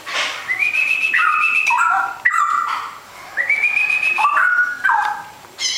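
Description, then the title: Oriental magpie-robin song of long, level whistled notes that step down into shorter slurred phrases, given twice. "Kicau Kacer"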